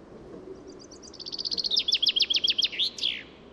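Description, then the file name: Common chaffinch delivers a single cascading phrase, rapid high chips speeding up, then bolder repeated notes and an ending twist, with low steady background noise. "Fringilla coelebs"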